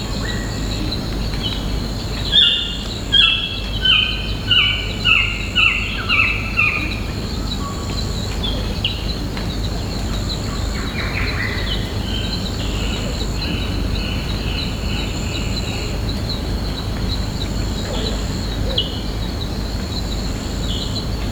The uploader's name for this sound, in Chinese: 热带丛林中的鸟叫金伯利角，丹特里雨林，澳大利亚